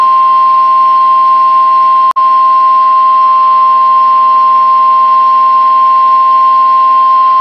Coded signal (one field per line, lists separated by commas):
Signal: Emergency Alert System (SAME) tones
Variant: 1050 Hz attention tone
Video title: ENHANCED RISK NIGHTMARE III. EAS Alerts from 3/16/2023 - 3/17/2023. [EAS #1206 - #1249]